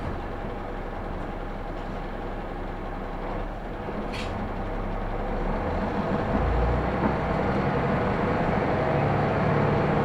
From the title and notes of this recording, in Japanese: 久大本線 田主丸→久留米。田主丸から久留米まではずっと久留米市内を走ります。